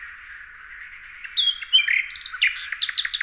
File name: Luscinia megarhynchos